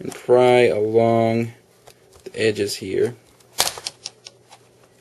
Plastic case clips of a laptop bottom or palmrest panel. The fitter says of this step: And that was a normal snap sound, the little clicks in here,